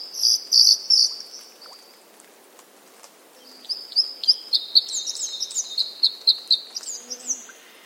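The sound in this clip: Bird calls: high chirpy notes at first, then after a pause a rapid run of sharp, high twittering notes, with faint background noise.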